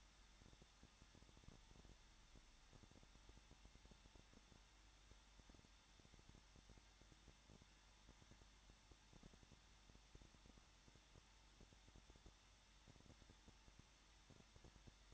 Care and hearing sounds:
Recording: daily activity, microphone in the room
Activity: no activity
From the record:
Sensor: 3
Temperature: 21.2 degrees Celsius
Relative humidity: 36.4%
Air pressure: 1006.4 hPa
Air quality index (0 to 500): 222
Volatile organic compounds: 42 ppm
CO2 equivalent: 3181 ppm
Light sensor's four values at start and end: 2/3/2/2 and 2/3/2/2

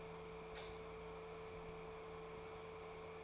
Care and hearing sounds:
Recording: daily activity, microphone in the room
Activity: light on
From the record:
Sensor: 1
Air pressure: 1014.8 hPa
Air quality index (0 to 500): 188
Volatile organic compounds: 19 ppm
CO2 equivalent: 2666 ppm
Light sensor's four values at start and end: 23/57/24/28 and 32/87/36/42

